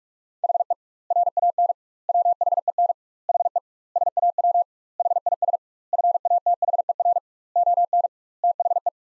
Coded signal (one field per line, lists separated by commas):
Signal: Morse code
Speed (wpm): 41 wpm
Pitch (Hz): 700 Hz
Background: none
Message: HE RAN WHEN HE SAW HIS FATHER ON THE